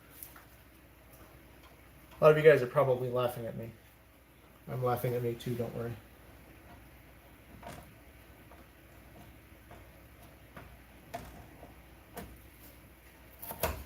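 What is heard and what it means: A graphics card is handled over a motherboard's PCIe slot while someone talks between about 2 and 6 seconds. Faint handling ticks and knocks follow near 11.2, 12.2 and 13.6 seconds, but the card has not yet seated or clicked into the slot.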